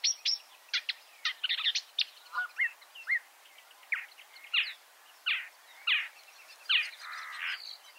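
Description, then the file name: Marsh warbler giving a string of separate chirps and downslurred whistles, ending with a buzzy note. "suara-kicauan-burung-marsh-warbler -omkicau"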